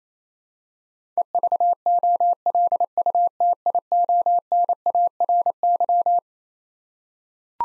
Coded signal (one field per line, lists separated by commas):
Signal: Morse code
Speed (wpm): 28 wpm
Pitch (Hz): 700 Hz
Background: none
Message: EVOLUTIONARY